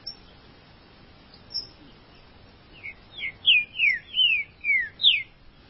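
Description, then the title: Green-winged saltator song: a phrase of loud, slurred whistles, mostly falling, about five notes in quick succession near the end, over a faint hiss. "Trinca Ferro"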